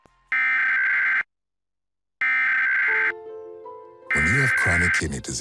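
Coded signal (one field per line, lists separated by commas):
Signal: Emergency Alert System (SAME) tones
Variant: header bursts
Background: speech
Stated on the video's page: National EAS test as aired on Miami and Orlando TV stations, plus a Wireless Emergency Alert received on a phone.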